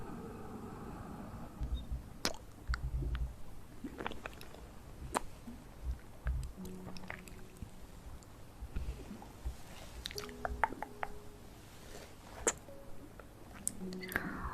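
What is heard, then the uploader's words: Mouth sounds: irregular wet clicks, smacks and squishy bursts scattered across the clip, with a few low, thumping moist sounds near the start. Brief voiced hums and squeaks surface around the middle and again at the end, over a quiet, steady hiss. ASMR Hand Sounds & Movements, Mouth Sounds.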